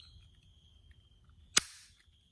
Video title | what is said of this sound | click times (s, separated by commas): Unboxing the GAMESTICK cellphone mount | there it is clicked | 1.6 s